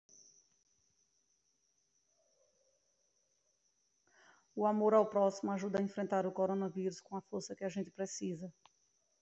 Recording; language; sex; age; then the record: spoken sentence; Brazilian Portuguese; female; 30 to 39 years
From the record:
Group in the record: control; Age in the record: 39 years